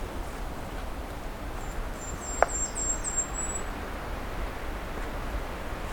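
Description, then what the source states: Golden-crowned Kinglet: one short series of extremely high, thin notes lasting about two seconds, with a single sharp click and a faint low rumble. Heard in a cedar swamp along a hiking trail north of Pine Tree Harbour; described as very high pitched.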